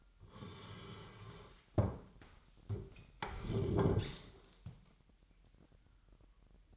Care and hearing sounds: daily activity, microphone in the room; sit down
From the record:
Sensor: 3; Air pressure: 998.4 hPa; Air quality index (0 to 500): 129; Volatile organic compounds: 4 ppm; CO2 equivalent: 1544 ppm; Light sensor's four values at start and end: 13/27/12/14 and 9/20/9/9

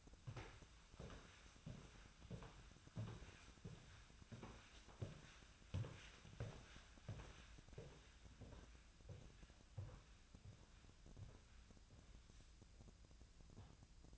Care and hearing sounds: daily activity, microphone in the room; walk to room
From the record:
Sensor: 2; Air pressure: 1010.0 hPa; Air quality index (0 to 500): 171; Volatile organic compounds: 9 ppm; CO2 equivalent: 2147 ppm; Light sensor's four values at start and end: 33/82/35/40 and 35/85/37/41

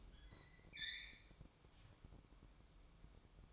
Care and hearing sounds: daily activity, microphone in the room; open fridge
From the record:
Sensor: 1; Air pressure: 1007.7 hPa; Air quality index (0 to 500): 86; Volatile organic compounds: 1 ppm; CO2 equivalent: 733 ppm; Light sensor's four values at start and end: 13/32/13/15 and 13/32/13/15

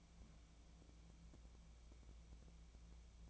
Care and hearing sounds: daily activity, microphone in the room; take from stove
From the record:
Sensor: 1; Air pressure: 999.9 hPa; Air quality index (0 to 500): 132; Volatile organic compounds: 2 ppm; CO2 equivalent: 1249 ppm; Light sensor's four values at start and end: 41/104/43/54 and 41/104/44/54

